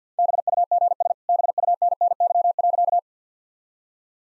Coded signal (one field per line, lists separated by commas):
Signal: Morse code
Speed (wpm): 50 wpm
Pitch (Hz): 700 Hz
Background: none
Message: BUGS BUNNY.